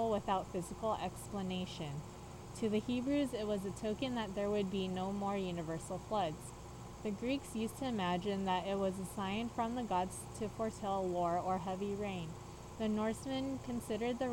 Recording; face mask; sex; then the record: reading aloud; surgical mask; female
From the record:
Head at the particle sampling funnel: tilted up or above it, chin in front of it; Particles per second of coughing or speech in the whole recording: 0.0109